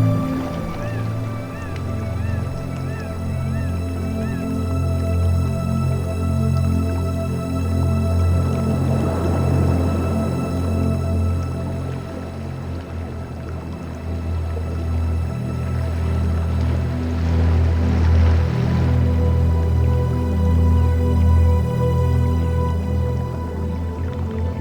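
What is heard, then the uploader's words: Soft, steady music with sustained low tones and held notes, mixed with ocean sounds. Waves swell and wash in around ten seconds and again near eighteen seconds. Faint, quick chirping calls flicker high above in the opening seconds. Sleep Music With Ocean and Jungle Sounds – Relaxing Blue Screen Scene – Ocean and Full Moon.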